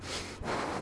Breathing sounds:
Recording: one breath in and out by a microphone near the nose and mouth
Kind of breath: strong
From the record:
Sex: male

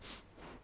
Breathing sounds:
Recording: one breath in and out by a microphone near the nose and mouth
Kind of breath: strong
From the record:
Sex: male

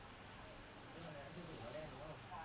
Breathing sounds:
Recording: one breath in and out by a microphone near the nose and mouth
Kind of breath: normal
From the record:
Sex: male

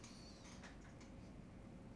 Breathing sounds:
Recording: one breath in and out by a microphone near the nose and mouth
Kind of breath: normal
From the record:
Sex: male

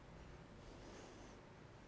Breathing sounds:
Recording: one breath in and out by a microphone near the nose and mouth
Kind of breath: normal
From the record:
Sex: female

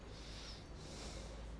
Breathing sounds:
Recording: one breath in and out by a microphone near the nose and mouth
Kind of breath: normal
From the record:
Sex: male

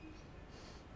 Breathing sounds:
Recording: one breath in and out by a microphone near the nose and mouth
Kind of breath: strong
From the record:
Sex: male

